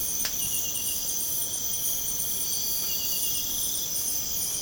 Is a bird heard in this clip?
no